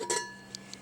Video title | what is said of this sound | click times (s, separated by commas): Recipe Video: Chocolate Chip Cookies | and locked into place now some mixers have | 0.5 s